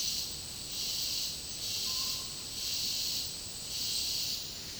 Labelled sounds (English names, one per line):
none